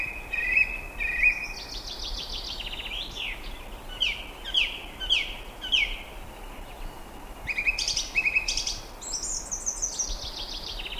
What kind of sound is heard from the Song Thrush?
song